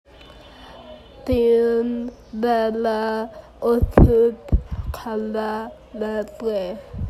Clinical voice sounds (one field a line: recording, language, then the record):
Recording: elicited speech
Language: Bengali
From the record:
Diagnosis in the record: Broca's or global aphasia after a stroke